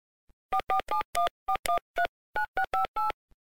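telephone dial tone

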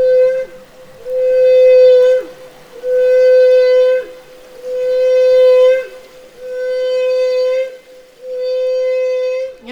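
whale song

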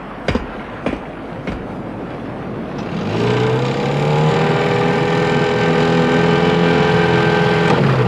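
motorboat engine approaching

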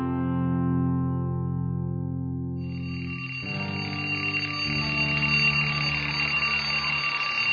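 school bell ringing

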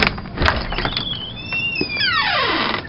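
door being closed

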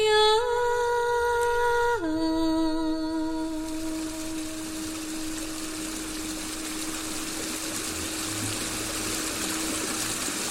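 water trickling

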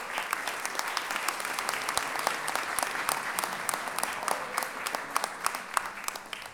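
audience applause

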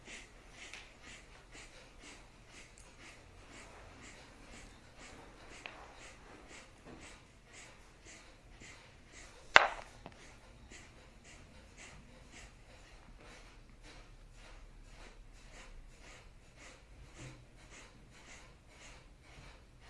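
kapalabhati

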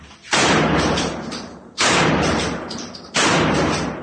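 gunshots

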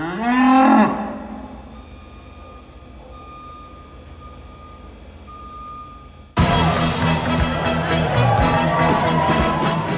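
cow mooing

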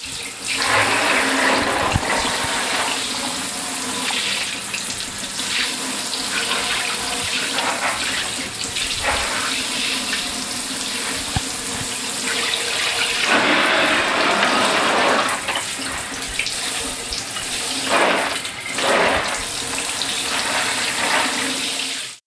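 shower running water

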